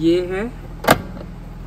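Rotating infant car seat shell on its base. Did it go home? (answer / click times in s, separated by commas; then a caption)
yes / 0.9 s. An infant car seat shell from a Star & Daisy baby car seat is rotated on its base until it locks into position. Someone talks at the start, then a sharp, loud click at 0.9 s marks the seat locking in place.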